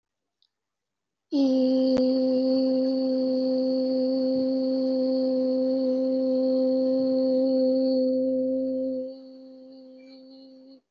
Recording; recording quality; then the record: sustained vowel as in beet; excellent, no background noise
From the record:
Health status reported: healthy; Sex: female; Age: 27 years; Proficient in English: yes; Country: India